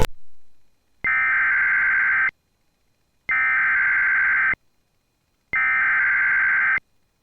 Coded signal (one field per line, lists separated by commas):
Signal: Emergency Alert System (SAME) tones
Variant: header bursts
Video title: Getting noped AGAIN. XD || EAS Alerts from June 29, 2024 (EAS #2,918-2,934)